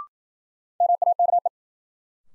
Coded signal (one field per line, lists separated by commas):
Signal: Morse code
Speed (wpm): 53 wpm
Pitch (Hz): 700 Hz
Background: none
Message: MAKE